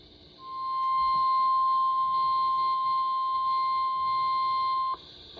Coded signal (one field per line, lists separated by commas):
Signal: Emergency Alert System (SAME) tones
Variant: 1050 Hz attention tone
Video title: Mid-Summer Marathon Pt. 2 - EAS Alerts from July 10-17, 2025 || EAS 1,971-1,977